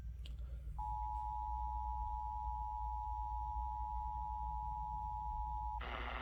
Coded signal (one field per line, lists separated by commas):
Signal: Emergency Alert System (SAME) tones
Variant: 853 and 960 Hz attention tone